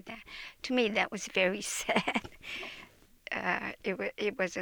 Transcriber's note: she laughs